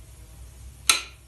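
A tight steel bolt on the bottom end of a Ford 302 engine block is loosened with a half-inch breaker bar and a six-point socket. After a quiet stretch, a single sharp, bright pop rings out at 0.9 s and fades quickly as the bolt breaks torque. The bolt is released.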